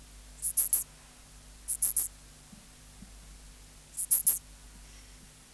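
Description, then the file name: Pholidoptera fallax song: bursts of three quick, high chirps, repeated at irregular intervals, with a low hum beneath. "Pholiodoptera fallax"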